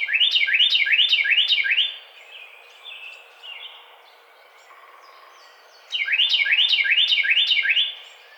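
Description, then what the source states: Carolina wren song in two rich, rhythmic bursts of five or so identical swept phrases, separated by a few seconds of quieter background chirps. Recorded on 5 May 2009.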